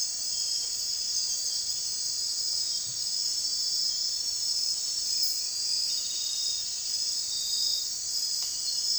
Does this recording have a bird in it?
no